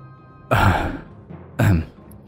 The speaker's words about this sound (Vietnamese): Lão Sam ho khụ khụ, nuốt nước bọt rồi nói tiếp.